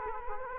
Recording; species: mosquito wingbeat signal from an infrared sensor; Culex quinquefasciatus